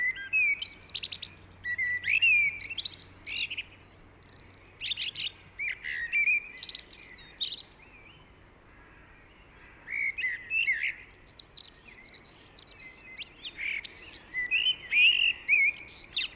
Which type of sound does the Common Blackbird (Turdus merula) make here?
song